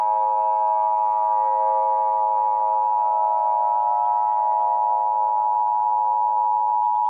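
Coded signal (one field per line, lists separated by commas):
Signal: Emergency Alert System (SAME) tones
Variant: 853 and 960 Hz attention tone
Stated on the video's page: Fictional EAS scenario about a large tornado outbreak in Tornado Alley, not a real alert.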